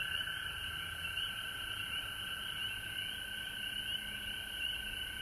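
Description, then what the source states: Many frogs trilling together in an unbroken high chorus, with a faint low hum beneath. Frogs recorded at home in Georgia on March 19, 2020.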